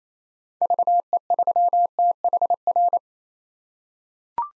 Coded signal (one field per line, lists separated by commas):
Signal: Morse code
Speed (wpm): 28 wpm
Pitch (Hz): 700 Hz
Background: none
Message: VE3THR